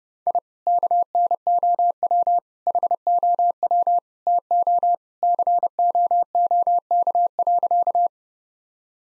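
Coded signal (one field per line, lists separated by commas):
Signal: Morse code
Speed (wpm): 32 wpm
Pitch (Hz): 700 Hz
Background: none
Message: I KNOW HOW TO COOK.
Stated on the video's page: Morse practice sentences at 30 wpm, each sent, then spoken, then sent again, for head-copy training.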